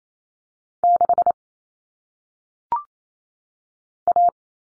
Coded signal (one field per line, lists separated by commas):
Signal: Morse code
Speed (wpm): 28 wpm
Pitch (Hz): 700 Hz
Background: none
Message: 6 A